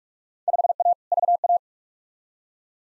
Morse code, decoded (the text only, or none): 5A VA